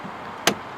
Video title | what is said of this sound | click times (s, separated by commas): #15 Tesla Model S road trips: Stockholm | if you just close it halfway, like you will hear that click | 0.5 s